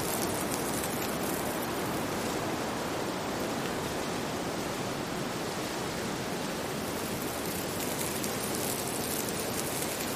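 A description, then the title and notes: Wind rushes steadily through forest leaves, a dense, even hiss that stays constant throughout, with faint rustling flickers in the bright upper range. Windy Forest - Soothing Wind and Rustling Leaves. The tranquil sounds of a soft wind blowing through the leaves of this quiet forest.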